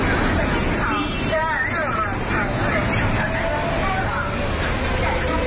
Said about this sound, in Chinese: 这是126路公交车进站时的声音，这段声音也伴随了这条线路上的乘客多年。